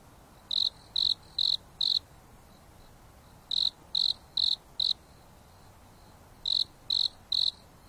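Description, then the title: Insect chirps, shrill and high, coming in bursts of three to four pulses separated by quiet pauses, with a fainter chirping behind and a low steady hiss. Night on a mountain top under a starry sky, gentle breeze blowing, insects singing leisurely. "There is a gentle breeze blowing on the top of the mountain under the starry sky, and the insects are singing leisurely."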